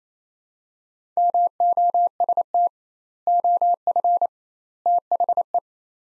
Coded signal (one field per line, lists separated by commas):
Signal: Morse code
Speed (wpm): 28 wpm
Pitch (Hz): 700 Hz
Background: none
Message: MOST OF THE